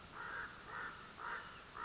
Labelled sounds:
American Crow
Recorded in Sonoma County, California

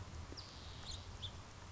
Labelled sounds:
House Finch
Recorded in Sonoma County, California

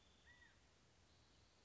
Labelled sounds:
California Quail
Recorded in Sonoma County, California

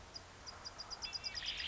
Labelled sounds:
Bewick's Wren
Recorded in Sonoma County, California

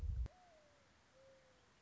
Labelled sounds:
Mourning Dove
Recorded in Sonoma County, California

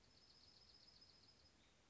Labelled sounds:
Dark-eyed Junco
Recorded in Sonoma County, California

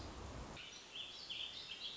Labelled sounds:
Warbling Vireo
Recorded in Sonoma County, California

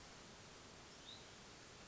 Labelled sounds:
Hutton's Vireo
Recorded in Sonoma County, California

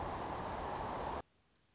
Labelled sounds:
Anna's Hummingbird
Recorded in Sonoma County, California

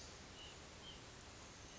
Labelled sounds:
White-breasted Nuthatch
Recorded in Sonoma County, California

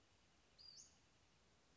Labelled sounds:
Western Flycatcher
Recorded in Sonoma County, California

